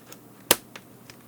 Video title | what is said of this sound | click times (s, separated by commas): Tutorial to Replace the Battery and the LCD Touch Screen on a TomTom XXL GPS Navigation System | See how it got disengaged? | 0.5 s